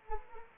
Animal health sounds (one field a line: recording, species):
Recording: mosquito wingbeat signal from an infrared sensor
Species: Anopheles arabiensis